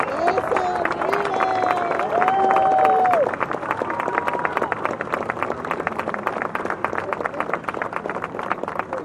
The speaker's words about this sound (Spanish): Muchas gracias, un aplauso a mis hermanos